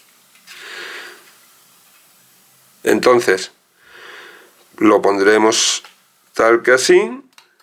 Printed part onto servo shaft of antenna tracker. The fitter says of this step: haremos un poquito de presión hasta que haga clic y ya quedaría encajado